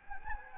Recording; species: mosquito wingbeat signal from an infrared sensor; Anopheles gambiae